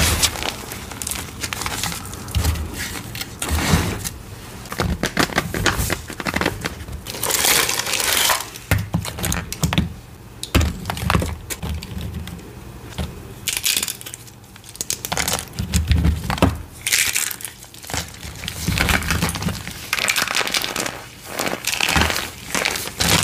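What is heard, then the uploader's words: Gym chalk is crushed and crumbled in repeated crinkly bursts, some bright and gritty, with brief pauses around ten and fifteen seconds. A series of short gym chalk crushing videos.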